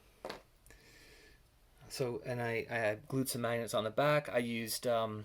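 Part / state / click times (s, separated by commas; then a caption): plastic missile pod cover into scale model armour body / seated / 0.2 s. A plastic missile pod cover on a 1/72 scale model is fitted back onto the armour, held by magnets epoxied on its back, and snaps into place with a sharp click at 0.2 s. Fainter taps follow before someone talks about gluing magnets on the back. The panel is seated.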